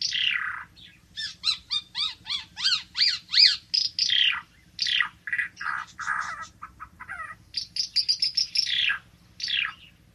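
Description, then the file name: Ara timor: varied bird song of falling whistles, quick upswept chirps and short buzzy notes in irregular phrases, with a faint low hum throughout. "suara burung ara timor"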